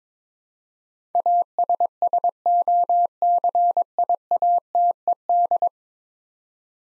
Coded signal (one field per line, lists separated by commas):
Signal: Morse code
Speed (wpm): 22 wpm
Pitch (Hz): 700 Hz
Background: none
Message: ASSOCIATED